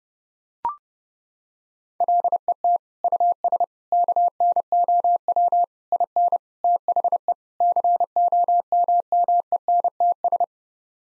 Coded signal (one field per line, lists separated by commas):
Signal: Morse code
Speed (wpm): 32 wpm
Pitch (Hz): 700 Hz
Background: none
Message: LET US KNOW IN THE COMMENTS